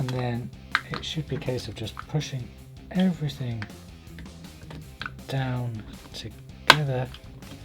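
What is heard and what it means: Plastic parts of a model zord's hind leg are handled and lined up to be pushed down together into the model robot leg assembly while someone talks over faint background music. A few small sharp knocks are heard around 4.2, 4.7 and 5.0 seconds, but nothing has seated or clicked yet by the end of the clip.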